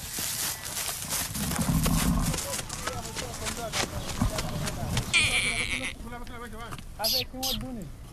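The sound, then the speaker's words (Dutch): In a small village in Nigeria, a milker calls the cows for morning milking in wavering, repeated cries while the cows low and bleat around him and come toward him, with scattered hoof clops and shuffling beneath. “De melker lokt de koeien en de koe komt naar hem toe.”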